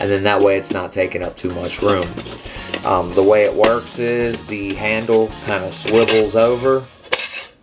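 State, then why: Seated. Someone talks while swinging the folding handle of a camping cooking pot over its lid. At 7.1 s there is a sharp click as the handle clicks into place and locks.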